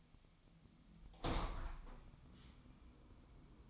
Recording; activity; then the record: daily activity, microphone in the room; open window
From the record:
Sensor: 1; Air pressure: 1004.7 hPa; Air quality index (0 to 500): 113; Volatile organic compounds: 4 ppm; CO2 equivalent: 1555 ppm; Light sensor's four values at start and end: 8/21/8/9 and 8/20/8/8